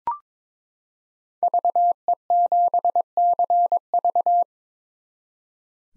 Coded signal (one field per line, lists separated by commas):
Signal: Morse code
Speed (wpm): 22 wpm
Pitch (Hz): 700 Hz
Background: none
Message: VE7CV